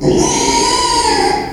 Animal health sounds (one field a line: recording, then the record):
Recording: squeal of a Yucatan mini pig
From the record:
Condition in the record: after surgery on the right vocal fold (resection and tissue-engineered implant)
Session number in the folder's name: 2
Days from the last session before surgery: 13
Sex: male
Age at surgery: 12 weeks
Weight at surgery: 13 kg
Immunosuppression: cyclosporine, prednisolone